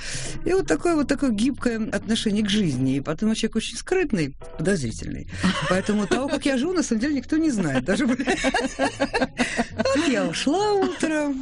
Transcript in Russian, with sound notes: И вот такое, вот такое гибкое отношение к жизни. И потом я человек очень скрытный, подозрительный.. (Хохочет) И поэтому о том, как я живу, на самом деле никто не знает. (Обе смеются) Ну, я ушла утром.